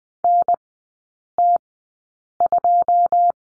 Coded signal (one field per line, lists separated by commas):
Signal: Morse code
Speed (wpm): 20 wpm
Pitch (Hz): 700 Hz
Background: none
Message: NT2